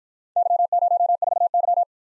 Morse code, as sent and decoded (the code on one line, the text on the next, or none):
-.-- ----- ....- -.--
Y04Y